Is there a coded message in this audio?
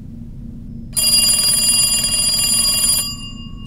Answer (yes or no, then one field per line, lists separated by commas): no